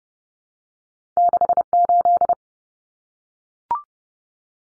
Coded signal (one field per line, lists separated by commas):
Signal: Morse code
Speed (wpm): 30 wpm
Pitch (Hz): 700 Hz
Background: none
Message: 68